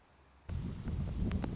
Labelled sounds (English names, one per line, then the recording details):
Anna's Hummingbird
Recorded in Sonoma County, California